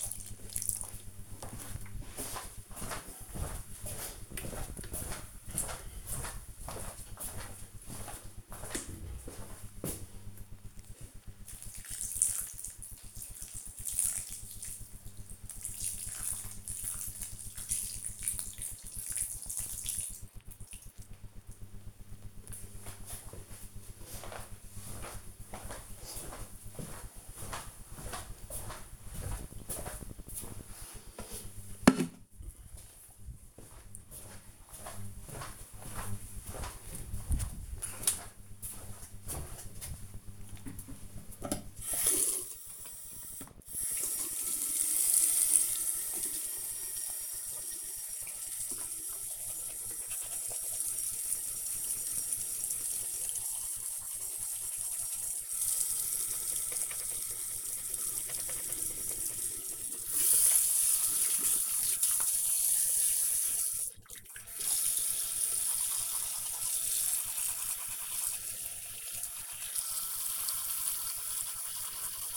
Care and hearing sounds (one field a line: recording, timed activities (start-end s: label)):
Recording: household activities, microphone on the right wrist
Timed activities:
0.00-22.77 s: watering plant
39.85-72.37 s: brushing teeth